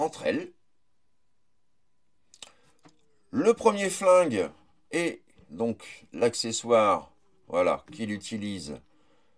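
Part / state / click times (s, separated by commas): plastic accessory onto action figure / not seated / none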